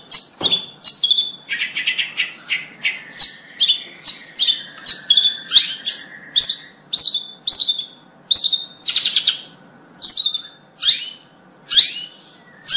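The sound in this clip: Bird singing a fast, varied string of high chirps and trills, with a steady low tone running beneath part of the phrase.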